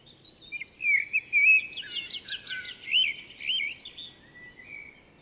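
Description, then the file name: Common blackbird giving a mellow whistled opening followed by a rapid series of high, scratchy trilled notes. "Turdus merula"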